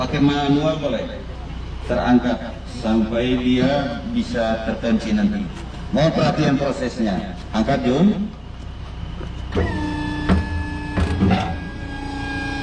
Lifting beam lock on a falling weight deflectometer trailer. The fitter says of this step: perhatian sini ini tanpa ini posisi masih belum terkunci